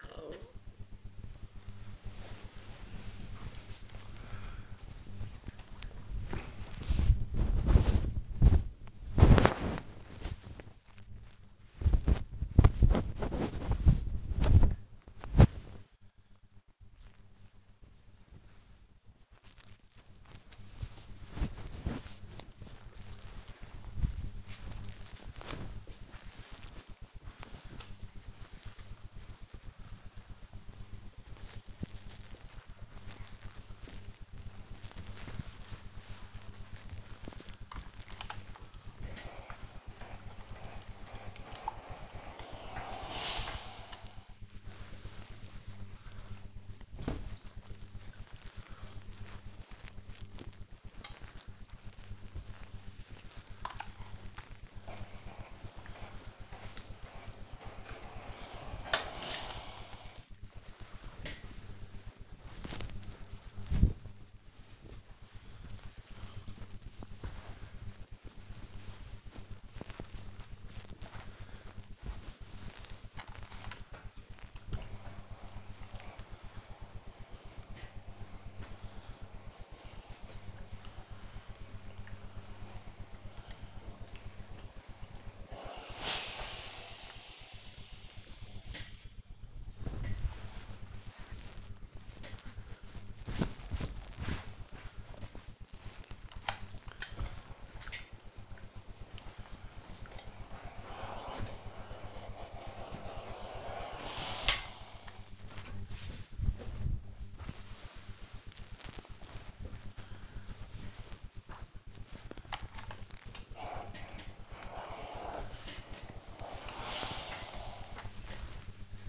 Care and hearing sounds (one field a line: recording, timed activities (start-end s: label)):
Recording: household activities, microphone on the right wrist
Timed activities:
26.68-119.09 s: ironing laundry